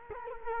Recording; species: mosquito wingbeat signal from an infrared sensor; Culex quinquefasciatus